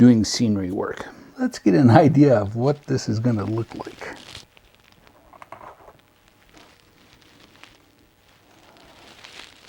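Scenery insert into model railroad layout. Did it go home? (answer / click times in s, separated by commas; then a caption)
no / none. Someone talks for the first few seconds, then a model railroad scenery insert is handled over its spot on the layout, with soft rustling, faint scraping and a few small taps around 4.4 and 5.5 seconds. The piece has not seated or clicked into place yet.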